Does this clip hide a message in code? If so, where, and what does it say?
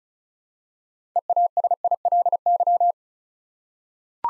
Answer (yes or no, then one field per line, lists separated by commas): yes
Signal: Morse code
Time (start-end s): 1.2-2.9 s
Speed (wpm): 34 wpm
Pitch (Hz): 700 Hz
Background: none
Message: EASILY